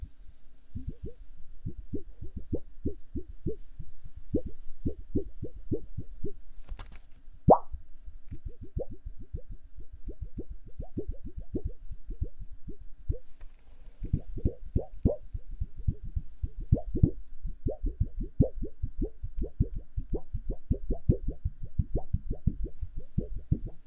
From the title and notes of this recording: ASMR very odd & unsual triggers hollow tube, paw cleaning silicone, stress balls & more.